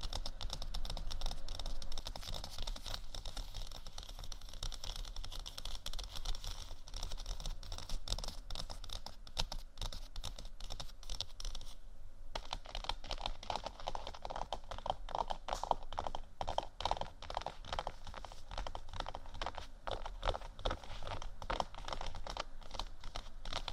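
Gentle scratching and tapping on faux leather, a dense, continuous patter of soft clicks and rubbing, briefly pausing around twelve seconds before resuming.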